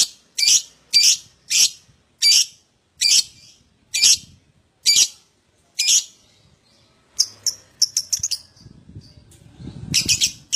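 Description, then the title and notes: Lovebird song of harsh, buzzy high chirps repeated at short intervals, then a quicker run of thin notes with low rustling below. Adult lovebird in full, vigorous song (gacor), song style described as "owor owor". "LOVEBIRD GACOR OWOR OWOR. Lovebird Dewasa"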